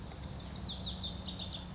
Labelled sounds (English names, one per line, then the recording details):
Lazuli Bunting
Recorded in Sonoma County, California